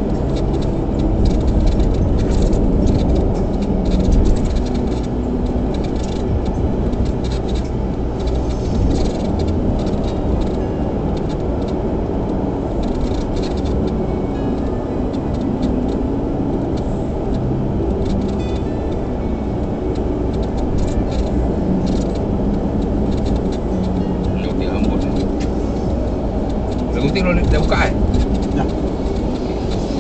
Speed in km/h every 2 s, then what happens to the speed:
88, 85, 81, 83, 81, 80, 80, 80, 80, 80, 80, 83, 84, 84, 84.
0-9 slows to 80. 9-30 steady at about 80.